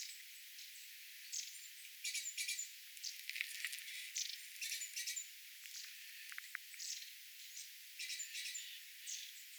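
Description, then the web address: Flock calls of long-tailed tits: repeated dry, buzzy rattles and short high see notes overlapping from several birds. Calls of a small flock of small birds, a tit flock including long-tailed tits, recorded 27 January 2026. "paivat 27 1 2026 pikkulintuparvi pyrstotiais tiaisparven aantelya"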